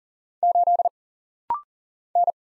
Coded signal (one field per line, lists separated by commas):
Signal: Morse code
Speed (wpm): 43 wpm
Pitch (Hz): 700 Hz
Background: none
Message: 8 N